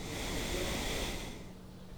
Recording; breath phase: one breath near a microphone; exhalation